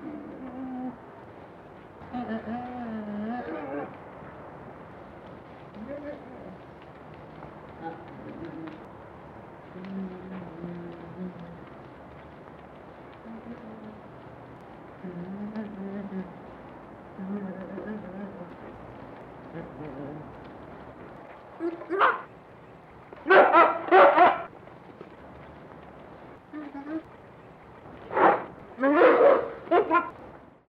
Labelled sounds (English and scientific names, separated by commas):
Spectacled Bear (Tremarctos ornatus)